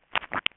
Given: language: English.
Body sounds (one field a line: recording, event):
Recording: throat vibration sensor signal played as sound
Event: swallow